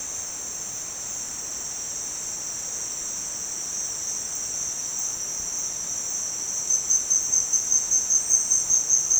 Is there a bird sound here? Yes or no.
no